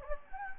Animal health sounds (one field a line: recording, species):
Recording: mosquito wingbeat signal from an infrared sensor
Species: Anopheles gambiae